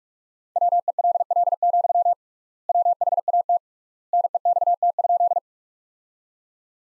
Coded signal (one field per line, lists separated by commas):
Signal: Morse code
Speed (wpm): 46 wpm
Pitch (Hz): 700 Hz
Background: none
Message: WELL, WHAT NEXT?